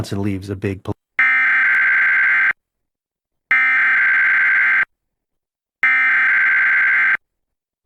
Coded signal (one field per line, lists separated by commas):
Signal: Emergency Alert System (SAME) tones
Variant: header bursts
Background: speech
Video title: EAS #660-661: 2 EAS Required Monthly Tests- July 7, 2022- 10:15AM PDT